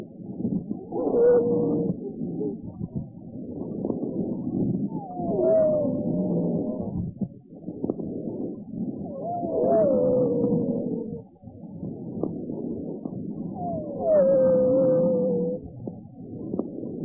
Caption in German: Wie markant und eindeutig pathologische Lungengeräusche selbst für den Ungeübten zu erkennen sein können. Dieses Schallbeispiel stellt allerdings einen Extremfall dar.